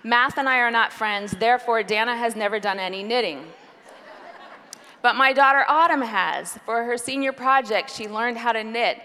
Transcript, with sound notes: Math and I are not friends; therefore, Dannah has never done any knitting! (laughter) But my daughter, Autumn, has. For her senior project she learned how to knit.